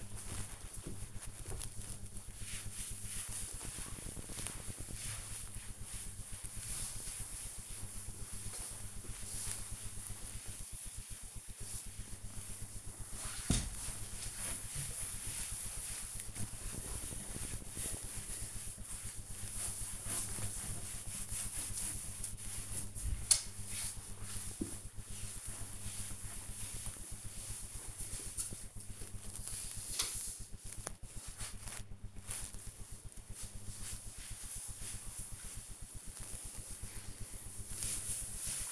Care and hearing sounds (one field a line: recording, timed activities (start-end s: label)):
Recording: household activities, microphone on the right wrist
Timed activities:
0.00-38.72 s: cleaning table